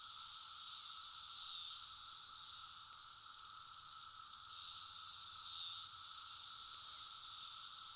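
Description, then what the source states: Cicada mating call, a loud high buzzing drone that swells twice to a peak and fades, over a steady hissing chorus of other cicadas. Male cicada giving mating calls, recorded close up with a chorus of cicadas in the background.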